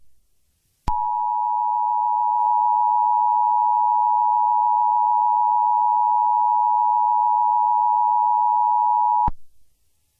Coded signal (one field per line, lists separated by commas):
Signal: Emergency Alert System (SAME) tones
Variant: 853 and 960 Hz attention tone